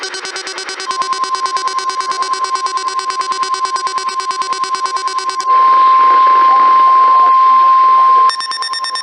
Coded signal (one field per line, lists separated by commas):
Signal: Emergency Alert System (SAME) tones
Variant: 1050 Hz attention tone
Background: speech